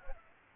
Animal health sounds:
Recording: mosquito wingbeat signal from an infrared sensor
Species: Aedes albopictus

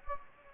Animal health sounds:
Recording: mosquito wingbeat signal from an infrared sensor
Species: Anopheles gambiae

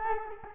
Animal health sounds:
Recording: mosquito wingbeat signal from an infrared sensor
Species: Culex quinquefasciatus

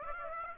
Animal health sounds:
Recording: mosquito wingbeat signal from an infrared sensor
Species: Aedes aegypti

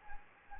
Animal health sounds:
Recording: mosquito wingbeat signal from an infrared sensor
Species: Anopheles gambiae

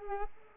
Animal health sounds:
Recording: mosquito wingbeat signal from an infrared sensor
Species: Culex pipiens

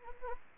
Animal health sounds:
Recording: mosquito wingbeat signal from an infrared sensor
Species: Anopheles gambiae

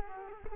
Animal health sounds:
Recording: mosquito wingbeat signal from an infrared sensor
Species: Culex quinquefasciatus

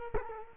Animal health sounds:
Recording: mosquito wingbeat signal from an infrared sensor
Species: Culex quinquefasciatus

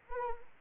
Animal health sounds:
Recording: mosquito wingbeat signal from an infrared sensor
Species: Anopheles arabiensis

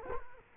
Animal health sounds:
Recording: mosquito wingbeat signal from an infrared sensor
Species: Culex quinquefasciatus

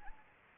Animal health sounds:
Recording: mosquito wingbeat signal from an infrared sensor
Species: Anopheles arabiensis

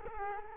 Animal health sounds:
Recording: mosquito wingbeat signal from an infrared sensor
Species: Culex quinquefasciatus

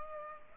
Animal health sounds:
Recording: mosquito wingbeat signal from an infrared sensor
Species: Culex pipiens

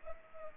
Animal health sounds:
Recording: mosquito wingbeat signal from an infrared sensor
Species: Culex pipiens

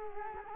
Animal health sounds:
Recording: mosquito wingbeat signal from an infrared sensor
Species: Culex quinquefasciatus

